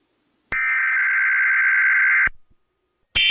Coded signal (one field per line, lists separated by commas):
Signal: Emergency Alert System (SAME) tones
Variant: header bursts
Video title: [EAS YTP] the sussy earthquake